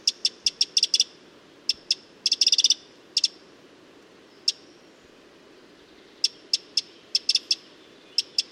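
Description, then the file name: Eurasian wren giving sharp, high ticking calls, single or in quick clusters, with gaps of silence between bursts; no other clear sounds. "Troglodytes troglodytes"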